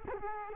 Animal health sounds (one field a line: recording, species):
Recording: mosquito wingbeat signal from an infrared sensor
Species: Culex quinquefasciatus